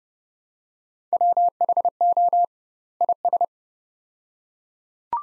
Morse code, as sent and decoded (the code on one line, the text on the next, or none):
.-- .... --- / .. ...
WHO IS